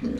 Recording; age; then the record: pig call; growing-finishing pig (85 days or more)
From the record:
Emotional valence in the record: negative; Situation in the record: barren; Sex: male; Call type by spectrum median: low-frequency call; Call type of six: low-frequency stable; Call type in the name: low-frequency stable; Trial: 4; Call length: 0.20 s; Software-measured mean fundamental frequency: 57 Hz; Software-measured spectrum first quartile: 218 Hz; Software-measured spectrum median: 274 Hz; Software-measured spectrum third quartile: 449 Hz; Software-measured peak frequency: 239 Hz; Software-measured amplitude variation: 161 dB a second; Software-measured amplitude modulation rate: 12.6 a second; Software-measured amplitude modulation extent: 12.8 dB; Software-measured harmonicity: 5.4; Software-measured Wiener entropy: -0.48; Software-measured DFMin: 699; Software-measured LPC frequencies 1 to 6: 309, 1708, 2293, 3201, 4011, 4535 Hz